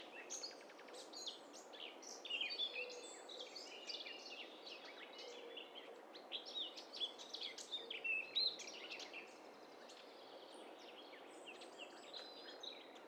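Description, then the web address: Birds calling together, a dense overlapping chorus of high chirps, whistles and trills, busiest in the middle and thinning toward the end over a soft background hiss. Several birds calling at once; stereo recording. "Hi Fi STEREO BIRD COCKTAIL PARTY Challenge"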